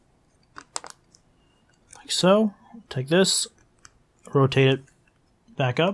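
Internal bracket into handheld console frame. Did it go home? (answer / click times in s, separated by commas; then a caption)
no / none. During reassembly of a PSP 2000 handheld console, an internal bracket is handled and rotated back up toward the console frame, with a few short, sharp handling taps in the first second before someone talks. The part has not seated or clicked into place yet.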